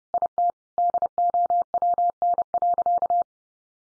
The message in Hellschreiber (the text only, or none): none